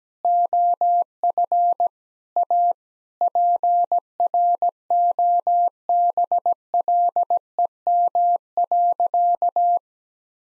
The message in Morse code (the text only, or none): OF A PROBLEM.